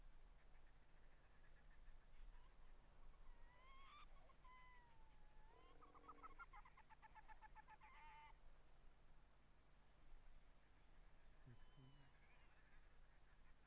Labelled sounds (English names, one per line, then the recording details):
Arctic Fox
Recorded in the wild
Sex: pair
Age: adult
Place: Insel Mednyi, Kommandeur-Inseln, RU
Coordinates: 54.5167, 168.083
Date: 1999-06-28 15:19
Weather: bedeckt, kein Nebel, 8°C, fast windstill
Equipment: Sony WM-D6C, Sennheiser MKH 70, Windkorb, Kopie Tascam DA 30
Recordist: Frommolt, Karl-Heinz